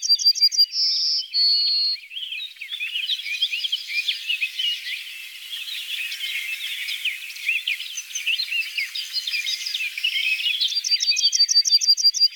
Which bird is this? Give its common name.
Yellowhammer